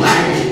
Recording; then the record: squeal of a Yucatan mini pig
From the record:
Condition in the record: before surgery on the right vocal fold (resection and tissue-engineered implant); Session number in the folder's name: 2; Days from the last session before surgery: 0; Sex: male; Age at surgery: 12 weeks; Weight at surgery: 13 kg